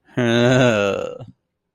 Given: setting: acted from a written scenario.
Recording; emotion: vocal sound without words; romantic love